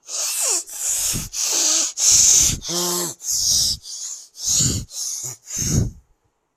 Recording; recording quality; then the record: deep breathing; excellent, no background noise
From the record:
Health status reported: respiratory illness, not identified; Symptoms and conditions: none ticked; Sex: male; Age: 21 years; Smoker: not ticked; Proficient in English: yes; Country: India